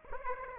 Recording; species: mosquito wingbeat signal from an infrared sensor; Aedes aegypti